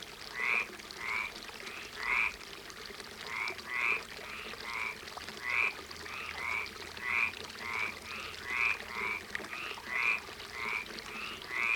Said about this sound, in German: Beaulieu in der Nähe von Puy-Ricard, Provence. Sommerabend. In den Feldern unterhalb des Parks, dessen hohe alte Bäume das Schloss umgeben, ein Wasserbecken und Frösche, die aber nur einen kurzen Dialog halten.